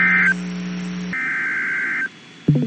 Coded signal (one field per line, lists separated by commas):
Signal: Emergency Alert System (SAME) tones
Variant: header bursts